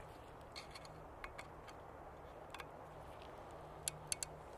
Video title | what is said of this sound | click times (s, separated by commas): How To Change Barrels on a Fix Rifle by Q | Get this in there until we get a click. | 3.9 s, 4.1 s, 4.2 s